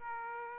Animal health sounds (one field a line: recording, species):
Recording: mosquito wingbeat signal from an infrared sensor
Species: Aedes aegypti